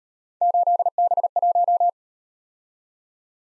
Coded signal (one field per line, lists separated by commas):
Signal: Morse code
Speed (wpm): 38 wpm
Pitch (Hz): 700 Hz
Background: none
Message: 8B1